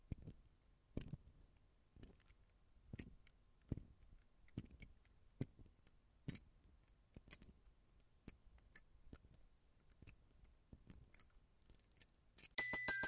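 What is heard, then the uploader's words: Close-up metallic sounds: sharp clicks and clinks land roughly every second, with faint ticks and light jingles between them against a quiet background. Near the end the sound turns into a dense, bright rattling clatter that runs to the close. ASMR Close Up Metallic Sounds (No Talking).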